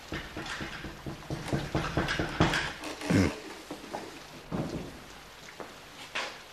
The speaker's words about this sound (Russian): стучит кто-то.